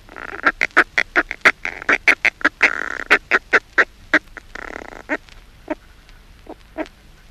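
Northern fulmar gives a harsh, chattering cackle of rapid clucks over a hoarse rasping tone, slowing to widely spaced single notes near the end.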